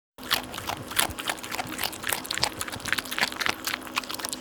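Dog eating and drinking: rapid, irregular crunching, clicking and lapping noises continue throughout, with no barking.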